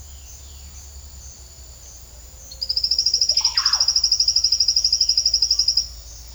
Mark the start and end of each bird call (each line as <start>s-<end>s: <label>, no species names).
0.04s-0.72s: bird call
3.27s-3.86s: bird call